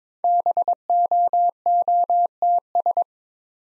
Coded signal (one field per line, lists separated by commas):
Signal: Morse code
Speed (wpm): 22 wpm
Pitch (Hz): 700 Hz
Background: none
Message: BOOTS